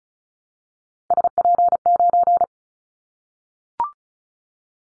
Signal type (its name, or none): Morse code